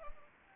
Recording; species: mosquito wingbeat signal from an infrared sensor; Anopheles arabiensis